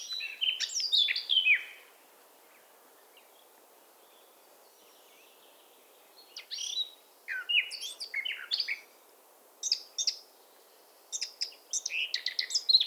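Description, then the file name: Eurasian blackcap song: short bursts of varied, high warbling and chirps, the first followed by a long pause, then several quick phrases close together over a faint background hiss. "Sylvia atricapilla"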